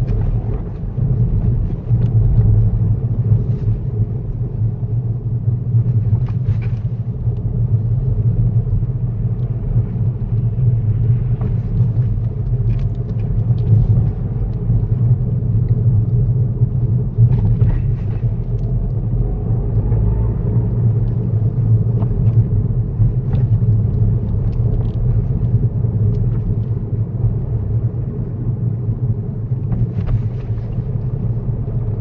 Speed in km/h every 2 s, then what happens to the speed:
27, 26, 21, 24, 24, 24, 24, 26, 23, 32, 31, 32, 31, 29, 24, 31.
0-16 steady at about 24. 16-18 speeds up to 32. 18-28 steady at about 31. 28-32 speeds up to 31.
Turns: none.